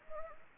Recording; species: mosquito wingbeat signal from an infrared sensor; Anopheles arabiensis